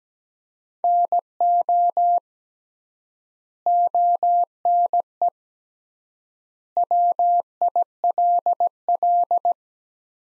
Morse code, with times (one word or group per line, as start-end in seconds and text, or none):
0.8-2.2 NO
3.7-5.3 ONE
6.8-9.5 WILL